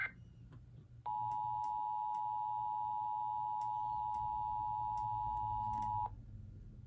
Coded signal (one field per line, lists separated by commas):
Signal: Emergency Alert System (SAME) tones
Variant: 853 and 960 Hz attention tone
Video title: EAS 711: SVR from NWS TOP